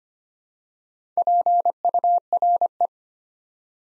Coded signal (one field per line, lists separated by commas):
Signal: Morse code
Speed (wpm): 25 wpm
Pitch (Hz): 700 Hz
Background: none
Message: PURE